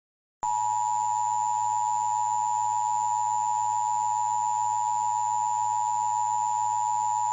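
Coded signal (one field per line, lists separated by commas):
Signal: Emergency Alert System (SAME) tones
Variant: 853 and 960 Hz attention tone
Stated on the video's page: EAS recreation of a Dust Storm Warning with valid EAS tones.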